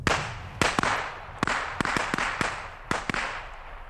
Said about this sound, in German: Ich gebe dir Feuersicherung.